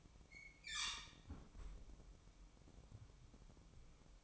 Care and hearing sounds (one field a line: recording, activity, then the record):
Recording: daily activity, microphone in the room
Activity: close fridge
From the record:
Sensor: 1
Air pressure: 1007.8 hPa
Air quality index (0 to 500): 82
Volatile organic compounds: 1 ppm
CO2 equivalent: 706 ppm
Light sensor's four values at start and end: 13/30/12/14 and 13/30/12/14